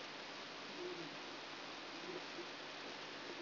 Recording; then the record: brain microelectrode recording played as sound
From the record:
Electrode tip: outside the subthalamic nucleus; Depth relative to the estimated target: -4 mm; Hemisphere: right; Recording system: AlphaMap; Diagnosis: Parkinson's disease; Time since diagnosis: 11 years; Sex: female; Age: 62 years